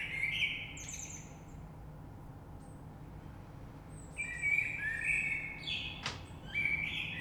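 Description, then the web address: Common blackbird song with a short warbled phrase, a long pause, then a fuller fluted phrase with high scratchy twitters; one sharp click midway. Recorded 3 March 2020. "oiseaux Rush Merle 3-3-2020"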